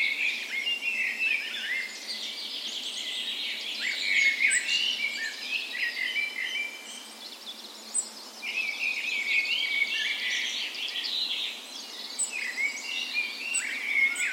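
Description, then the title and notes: Birds singing together at dawn, a dense mix of chirps, trills and short whistles that swell and ease off in waves. Dawn chorus in a park west of Bergen, Norway, on the morning of 17 May, Norway's National Day, in spring; recorded on a Sony PCM A10 with LOM micro Usi mics used as 'tree ears'. "17th Of May Dawn Chorus. Recorded on the morning of Norways National Day the 17th of May in a park west in Bergen. Spring is in full effect, and the dawn chorus sounds wonderful!"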